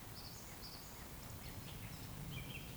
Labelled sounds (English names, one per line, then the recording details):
Eurasian Woodcock whistle
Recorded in Baden-Württemberg, Germany, on 11 June 2020 at 20:11 UTC
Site 14569, 102 m above sea level